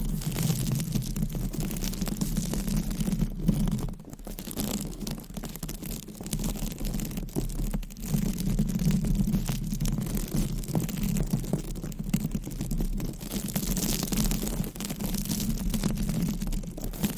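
Mic scratching fills the clip, a steady dense rasp of fast, irregular strokes with a strong low rumbling band underneath. Brief dips near 4 and 8 seconds break the rhythm before the scraping resumes, and brighter hiss swells around 14 seconds.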